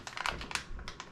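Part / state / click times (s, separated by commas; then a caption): 18V battery pack into a portable spot cleaner / not seated / none. An 18V slide-in battery pack is handled and pushed toward the battery port of a Ryobi 18V HP portable spot cleaner. Short, sharp plastic taps and light knocks sound around 0.1, 0.2, 0.3, 0.6 and 1.0 seconds over a low background. The clip ends before the pack goes home, and nothing has seated or clicked yet.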